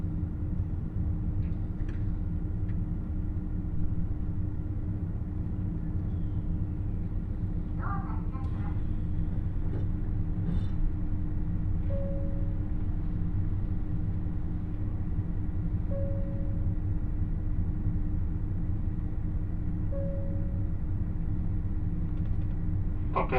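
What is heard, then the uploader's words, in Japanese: Aboard the limited express Nanpu 26 on the Dosan Line, a steady, dense low rumble and a constant hum run throughout. A cluster of clicks and rattles comes around eight to ten seconds, and three short, identical beeps sound at regular intervals near 12, 16 and 20 seconds. 土讃線特急南風26号 阿波池田→多度津。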